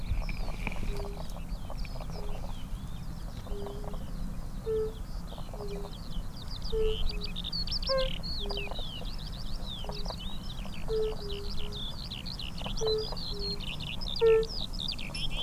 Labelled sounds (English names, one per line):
Fire-Bellied Toad call